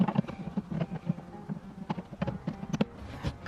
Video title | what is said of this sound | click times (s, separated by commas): AUTOBEAM INTERIOR AND EXTERIOR PERFORMANCE LED UPGRADE INSTALL! - F56 MINI JOHN COOPER WORKS | once it locks into place you get a nice reassuring click and that's how you know it is done | 2.8 s